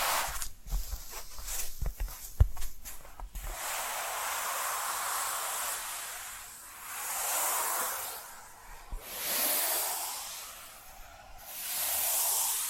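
Quick, uneven tapping with soft low knocks fills the first three and a half seconds. Then a continuous hissing scratch takes over, swelling and fading in slow waves every few seconds. A faint thin high whine runs steadily underneath throughout.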